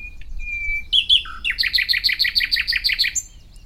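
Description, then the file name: Common nightingale song opening with a thin steady whistle, a few sharp notes, then a rapid run of many loud, evenly repeated throaty notes. "Luscinia megarhynchos"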